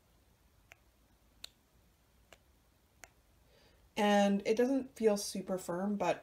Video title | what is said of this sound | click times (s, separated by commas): Ferris Wheel Press Carousel vs. Kaweco Perkeo | post but you can kind of feel it click into place | 1.4 s, 3.0 s